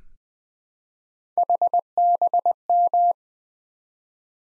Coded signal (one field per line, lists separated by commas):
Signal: Morse code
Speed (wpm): 20 wpm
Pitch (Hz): 700 Hz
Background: none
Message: HBM